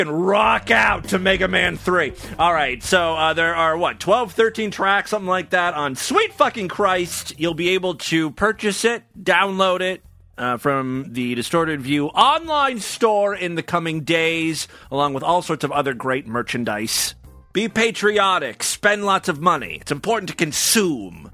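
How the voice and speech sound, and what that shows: An adult man speaks fluently at a brisk, steady pace with clear articulation and ordinary voice quality.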